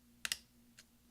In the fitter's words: now we're going to take our finger and press down on the top until it snaps into place there